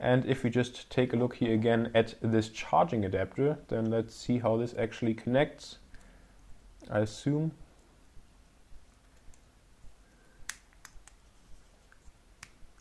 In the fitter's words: yes this just snaps into place like this so